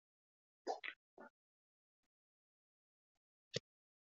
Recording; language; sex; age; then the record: spoken sentence; Brazilian Portuguese; female; 50 to 59 years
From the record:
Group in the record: control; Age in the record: 51 years